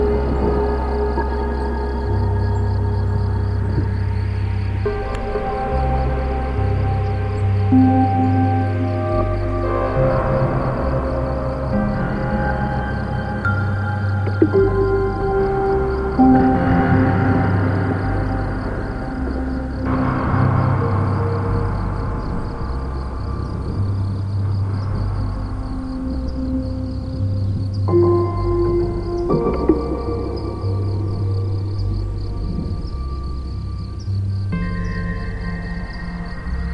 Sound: DARK AMBIENT NIGHT DISTANT RAIN THUNDER